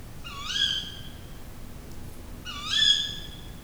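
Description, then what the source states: Tawny owl uttering two loud, sharp, rising calls about two seconds apart against a quiet background. Recorded at night in forest in Aggtelek Karst, Hungary, with an Octava microphone.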